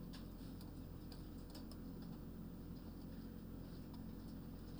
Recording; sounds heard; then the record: poultry house recording; healthy chickens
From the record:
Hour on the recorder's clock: 22